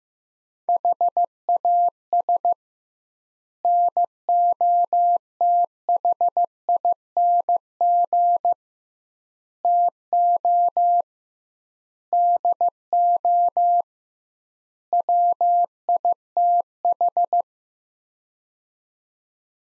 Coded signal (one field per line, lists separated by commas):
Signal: Morse code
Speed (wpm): 15 wpm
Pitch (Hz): 700 Hz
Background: none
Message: HAS NOTHING TO DO WITH